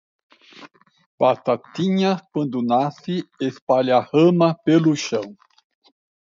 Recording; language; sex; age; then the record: short text; Brazilian Portuguese; male; 60 to 69 years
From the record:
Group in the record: control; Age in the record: 67 years